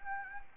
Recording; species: mosquito wingbeat signal from an infrared sensor; Anopheles arabiensis